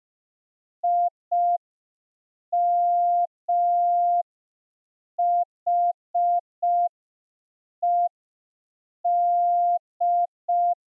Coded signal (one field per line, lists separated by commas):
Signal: Morse code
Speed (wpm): 5 wpm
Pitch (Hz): 700 Hz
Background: none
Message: IMHED